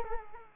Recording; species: mosquito wingbeat signal from an infrared sensor; Culex quinquefasciatus